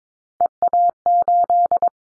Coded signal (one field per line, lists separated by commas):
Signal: Morse code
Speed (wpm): 22 wpm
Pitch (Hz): 700 Hz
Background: none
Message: EA8